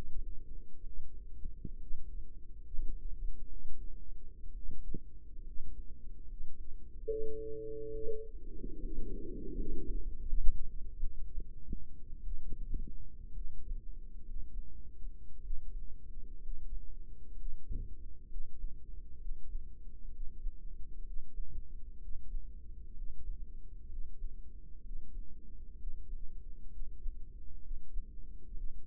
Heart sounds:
heart sounds by microphone in the right ear; 65 bpm
0.79 s: heartbeat
1.74 s: heartbeat
2.64 s: heartbeat
3.44 s: heartbeat
4.50 s: heartbeat
5.40 s: heartbeat
6.23 s: heartbeat
7.03 s: heartbeat
7.88 s: heartbeat
8.76 s: heartbeat
9.50 s: heartbeat
10.19 s: heartbeat
10.96 s: heartbeat
12.20 s: heartbeat
13.29 s: heartbeat
14.19 s: heartbeat
15.37 s: heartbeat
16.36 s: heartbeat
17.31 s: heartbeat
18.24 s: heartbeat
19.14 s: heartbeat
20.06 s: heartbeat
20.99 s: heartbeat
21.94 s: heartbeat
22.89 s: heartbeat
23.83 s: heartbeat
24.78 s: heartbeat
25.72 s: heartbeat
26.65 s: heartbeat
27.56 s: heartbeat
28.49 s: heartbeat
From the record:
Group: healthy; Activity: rest 0-7 s, Valsalva maneuver 7-29 s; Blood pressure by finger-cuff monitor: 124/79 mmHg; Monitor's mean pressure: 91 mmHg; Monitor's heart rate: 65 bpm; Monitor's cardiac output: 5.7 L/min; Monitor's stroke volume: 81 mL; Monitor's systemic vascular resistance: 1090 dyn s/cm5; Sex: female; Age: 22 years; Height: 171 cm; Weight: 65.6 kg

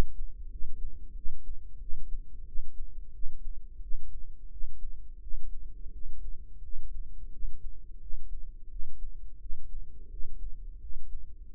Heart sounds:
heart sounds by microphone in the right ear; 87 bpm
0.49 s: heartbeat
1.13 s: heartbeat
1.78 s: heartbeat
2.44 s: heartbeat
3.11 s: heartbeat
3.80 s: heartbeat
4.49 s: heartbeat
5.19 s: heartbeat
5.91 s: heartbeat
6.61 s: heartbeat
7.30 s: heartbeat
7.99 s: heartbeat
8.68 s: heartbeat
9.38 s: heartbeat
10.08 s: heartbeat
10.78 s: heartbeat
11.49 s: heartbeat
From the record:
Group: healthy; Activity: cold pressor test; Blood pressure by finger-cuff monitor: 116/69 mmHg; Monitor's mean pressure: 85 mmHg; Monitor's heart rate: 87 bpm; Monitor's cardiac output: 6.6 L/min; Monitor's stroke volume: 75 mL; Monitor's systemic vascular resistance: 940 dyn s/cm5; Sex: female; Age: 43 years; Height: 160 cm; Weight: 90 kg

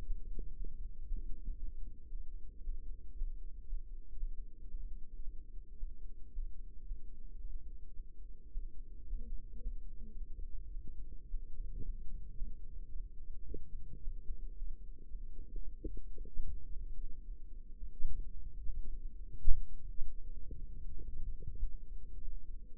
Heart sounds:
heart sounds by microphone in the right ear; 111 bpm
0.04 s: heartbeat
0.56 s: heartbeat
1.06 s: heartbeat
1.57 s: heartbeat
2.09 s: heartbeat
2.63 s: heartbeat
3.15 s: heartbeat
3.66 s: heartbeat
4.17 s: heartbeat
4.68 s: heartbeat
5.21 s: heartbeat
5.77 s: heartbeat
6.32 s: heartbeat
6.85 s: heartbeat
7.38 s: heartbeat
7.94 s: heartbeat
8.51 s: heartbeat
9.07 s: heartbeat
9.60 s: heartbeat
10.15 s: heartbeat
10.71 s: heartbeat
11.28 s: heartbeat
11.82 s: heartbeat
12.35 s: heartbeat
12.89 s: heartbeat
13.45 s: heartbeat
14.01 s: heartbeat
14.55 s: heartbeat
15.08 s: heartbeat
15.61 s: heartbeat
16.14 s: heartbeat
16.70 s: heartbeat
17.24 s: heartbeat
17.76 s: heartbeat
18.30 s: heartbeat
18.86 s: heartbeat
19.44 s: heartbeat
19.99 s: heartbeat
20.56 s: heartbeat
21.13 s: heartbeat
21.68 s: heartbeat
22.21 s: heartbeat
22.73 s: heartbeat
From the record:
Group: healthy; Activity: rest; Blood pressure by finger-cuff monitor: 127/61 mmHg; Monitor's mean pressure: 81 mmHg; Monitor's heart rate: 109 bpm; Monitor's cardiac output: 8.7 L/min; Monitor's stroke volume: 80 mL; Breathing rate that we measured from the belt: 22 breaths a minute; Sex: male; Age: 22 years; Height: 181 cm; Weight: 60 kg

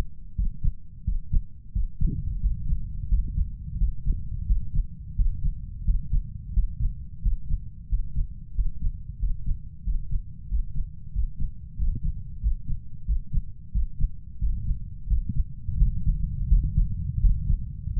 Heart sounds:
heart sounds by stethoscope; 89 bpm
0.37 s: heartbeat
1.06 s: heartbeat
1.74 s: heartbeat
2.42 s: heartbeat
3.10 s: heartbeat
3.80 s: heartbeat
4.48 s: heartbeat
5.17 s: heartbeat
5.86 s: heartbeat
6.55 s: heartbeat
7.24 s: heartbeat
7.91 s: heartbeat
8.57 s: heartbeat
9.21 s: heartbeat
9.86 s: heartbeat
10.50 s: heartbeat
11.14 s: heartbeat
11.78 s: heartbeat
12.42 s: heartbeat
13.07 s: heartbeat
13.74 s: heartbeat
14.41 s: heartbeat
15.09 s: heartbeat
15.79 s: heartbeat
16.50 s: heartbeat
17.22 s: heartbeat
17.96 s: heartbeat
From the record:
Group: healthy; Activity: Valsalva maneuver 0-16 s, rest 16-18 s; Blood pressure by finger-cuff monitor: 138/83 mmHg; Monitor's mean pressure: 95 mmHg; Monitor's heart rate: 88 bpm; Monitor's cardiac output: 7 L/min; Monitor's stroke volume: 78 mL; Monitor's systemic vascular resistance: 1010 dyn s/cm5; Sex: male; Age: 21 years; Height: 175 cm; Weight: 72.6 kg

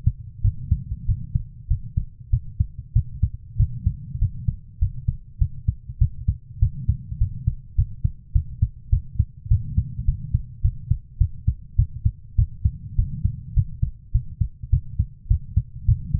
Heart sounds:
heart sounds by stethoscope; 101 bpm
0.42 s: heartbeat
1.06 s: heartbeat
1.68 s: heartbeat
2.30 s: heartbeat
2.93 s: heartbeat
3.57 s: heartbeat
4.19 s: heartbeat
4.79 s: heartbeat
5.39 s: heartbeat
5.99 s: heartbeat
6.60 s: heartbeat
7.18 s: heartbeat
7.76 s: heartbeat
8.33 s: heartbeat
8.90 s: heartbeat
9.48 s: heartbeat
10.05 s: heartbeat
10.62 s: heartbeat
11.18 s: heartbeat
11.76 s: heartbeat
12.36 s: heartbeat
12.96 s: heartbeat
13.54 s: heartbeat
14.12 s: heartbeat
14.70 s: heartbeat
15.28 s: heartbeat
15.86 s: heartbeat
From the record:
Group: healthy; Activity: rest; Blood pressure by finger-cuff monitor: 109/62 mmHg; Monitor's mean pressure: 82 mmHg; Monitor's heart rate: 103 bpm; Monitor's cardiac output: 9.2 L/min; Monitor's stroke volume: 90 mL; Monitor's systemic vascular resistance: 650 dyn s/cm5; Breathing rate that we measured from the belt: 20 breaths a minute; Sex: female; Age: 24 years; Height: 163 cm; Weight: 55.7 kg

